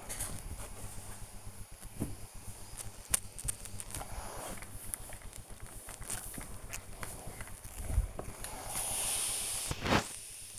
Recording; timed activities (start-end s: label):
household activities, microphone on the right wrist
0.00-10.59 s: ironing laundry